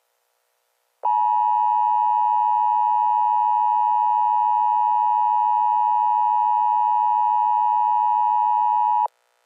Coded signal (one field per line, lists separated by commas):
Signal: Emergency Alert System (SAME) tones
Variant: 853 and 960 Hz attention tone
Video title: RWT 11-13-24 (EAS 36)